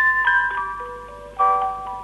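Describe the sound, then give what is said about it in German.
A semi-automatic answering machine plays a short, bright electronic jingle: a tinkly melody of held tones that steps downward, pauses briefly, then starts a second phrase. No one speaks over it. “Der halbautomatische Anrufbeantworter.”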